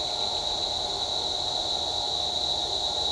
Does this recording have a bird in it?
no